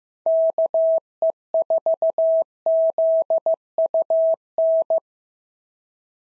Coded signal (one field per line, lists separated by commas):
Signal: Morse code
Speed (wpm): 15 wpm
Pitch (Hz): 650 Hz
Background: none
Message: KE4ZUN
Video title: POTA QSO Practice - 15wpm